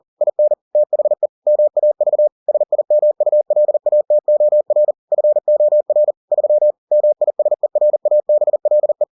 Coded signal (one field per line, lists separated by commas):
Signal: Morse code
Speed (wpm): 40 wpm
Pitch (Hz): 600 Hz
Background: none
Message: IN THE MAV SIMULATOR FOR 3 MISERABLE